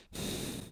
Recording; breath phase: one breath near a microphone; exhalation